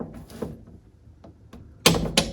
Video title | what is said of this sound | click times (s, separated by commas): Mercruiser outdrive lower unit rebuild - (PART 4) | there it is you hear that click that indicates that this bushing is properly set to 50 pounds | 1.9 s, 2.2 s